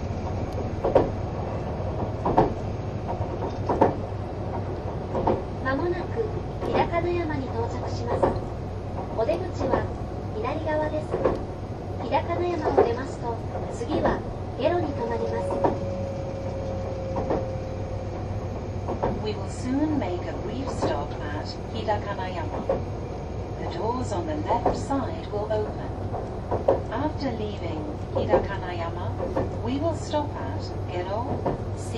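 Onboard train running sound, with a steady low engine and motor hum filling the whole stretch. Frequent short clicks and knocks from the wheels and car recur throughout, and a brief whining tone rises around the middle. Faint voices murmur occasionally underneath.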